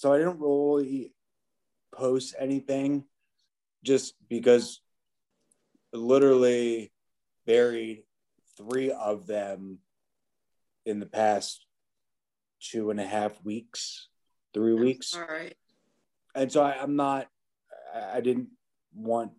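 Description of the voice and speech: An adult man with aphasia, nine years after an accident, speaks in short, halting bursts of a few words. Frequent pauses of up to just over a second separate them, with stretched sounds and a restarted phrase. The slow, fragmented, incomplete phrasing fits the effortful speech of aphasia after brain injury.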